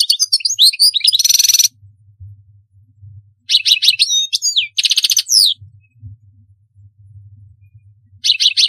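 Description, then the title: European goldfinch song: several short phrases of twittering and buzzy rattling notes separated by brief pauses, over a faint low hum. "Chant Chardonneret"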